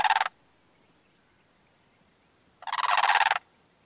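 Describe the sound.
Bird call: a brief harsh burst at the start, then a quiet gap and a longer rough, rattling burst lasting under a second.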